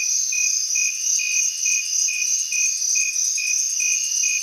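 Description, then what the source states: Crickets chirp in regular short bursts, with a dense shrill insect drone underneath. Recorded in a city on 8 September 2023; several crickets.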